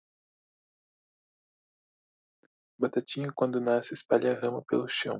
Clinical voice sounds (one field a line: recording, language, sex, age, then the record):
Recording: short text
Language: Brazilian Portuguese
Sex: male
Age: 20 to 29 years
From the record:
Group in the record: control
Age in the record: 22 years